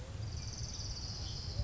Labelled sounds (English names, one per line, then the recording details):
Orange-crowned Warbler
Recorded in Sonoma County, California